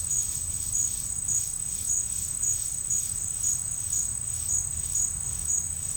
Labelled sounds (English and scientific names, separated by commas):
none